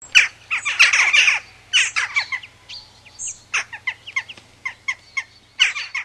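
Bird calling with dense bursts of high, scratchy chirps and squeaky notes, several quick clusters in the first two seconds, then scattered sharp chips and a final dense burst, over a faint low hum.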